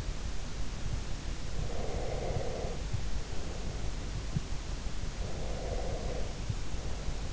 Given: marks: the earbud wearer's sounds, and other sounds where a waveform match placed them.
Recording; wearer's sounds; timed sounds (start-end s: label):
sounds in sleep by an in-ear microphone; breath
1.59-3.87 s: breath
5.20-7.33 s: breath